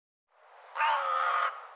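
Bird giving one harsh, drawn-out caw, coarse and grating throughout.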